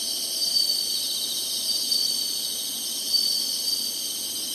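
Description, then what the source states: Insect chorus, an unbroken high shrill drone holding steady throughout. Singing insects in summer.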